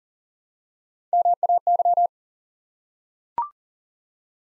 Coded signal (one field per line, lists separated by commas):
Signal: Morse code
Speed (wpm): 37 wpm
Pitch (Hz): 700 Hz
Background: none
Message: MAY